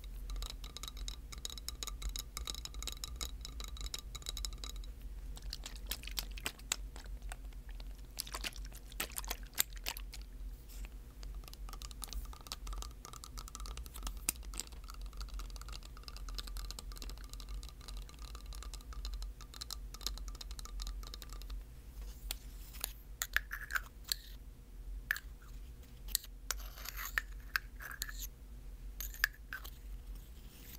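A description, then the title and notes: Tapping, scratching and small liquid sounds, with quick clicks and taps scattered densely throughout and clustering in bursts around 6–10 and 23–30 seconds. Thin, bright scratchy textures come and go over a steady low hum that runs underneath the whole time. ASMR Festive Trigger Assortment For Sleep (tapping, scratching, liquid sounds).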